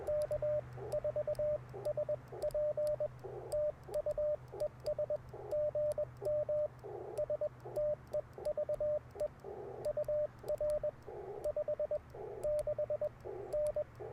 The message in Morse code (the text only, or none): K4SP TU ES GM STEVE UR 56N